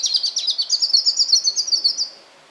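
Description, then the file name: European robin song as a fast, even run of bright repeated notes, a quick high trill lasting about two seconds before stopping. "Erithacus rubecula"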